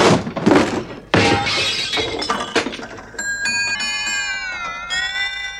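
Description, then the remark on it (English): A loud jangling crash as someone feeling their way in the dark at 2:15 a.m. knocks into a grandfather clock, clattering and shattering for a few seconds, then the clock's chimes ring on in sustained, wavering bell tones. “Oh, golly, that must be a grandfather clock.”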